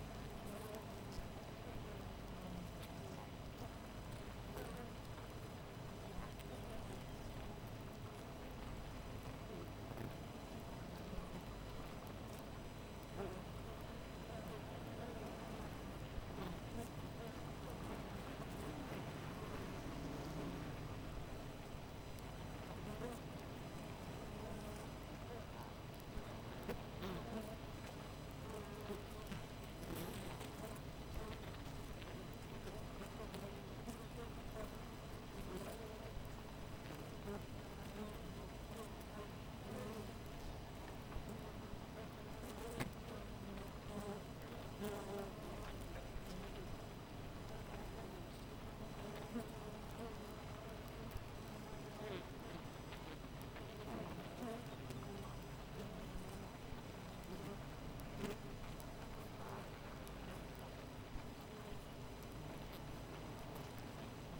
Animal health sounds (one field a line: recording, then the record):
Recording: honeybee colony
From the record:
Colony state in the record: missing queen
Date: 14 July 2017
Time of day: 5:18